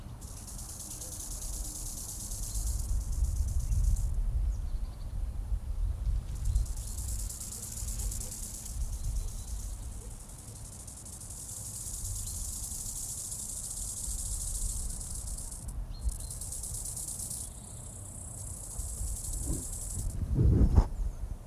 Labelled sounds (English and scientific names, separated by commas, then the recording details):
Bow-winged Grasshopper (Chorthippus biguttulus) stridulation
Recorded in the wild
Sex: male
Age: imago
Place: Strausberg, Barnim, Brandenburg, DE
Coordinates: 52.5375, 13.8989
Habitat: meadow
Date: 1989-08-12 18:06
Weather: 24°C im Schatten
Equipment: Riporter 6 RG-K, Halbspur, Sennheiser MKH 416 T
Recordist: Frommolt, Karl-Heinz
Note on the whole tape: Annatal: Gesang